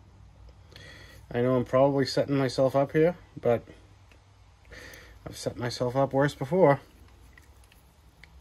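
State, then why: Not seated. Someone talks while handling a small part, likely on the carburetor, of a Craftsman LT1000 riding mower's engine, with a few faint taps and small handling noises around and after the speech. The part is being pressed toward its spot but nothing has seated or clicked yet.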